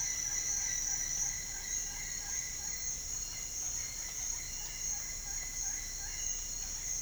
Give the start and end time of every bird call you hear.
0.00s-2.83s: bird call
4.28s-6.15s: bird call

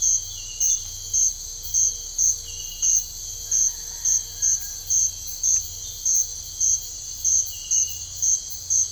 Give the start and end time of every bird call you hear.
3.41s-4.99s: bird call

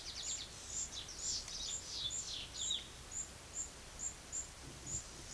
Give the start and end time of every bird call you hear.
0.00s-2.89s: bird call

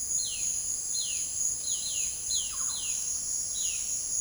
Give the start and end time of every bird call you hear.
0.12s-3.86s: bird call

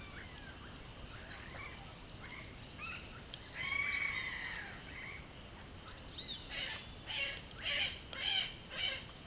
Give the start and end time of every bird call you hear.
0.00s-5.18s: bird call
5.91s-9.26s: bird call

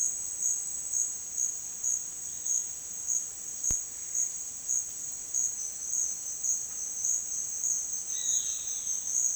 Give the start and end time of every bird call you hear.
8.10s-8.71s: bird call

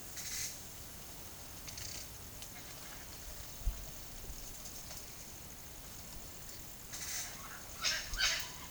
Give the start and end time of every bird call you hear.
0.18s-0.51s: bird call
1.69s-2.03s: bird call
6.91s-7.31s: bird call
7.79s-8.47s: bird call

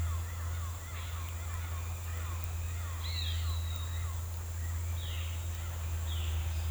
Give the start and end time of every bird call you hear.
0.00s-4.32s: bird call
4.90s-5.24s: bird call
6.06s-6.37s: bird call

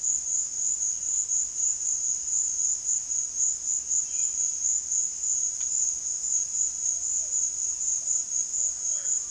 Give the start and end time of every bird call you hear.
6.63s-9.30s: bird call

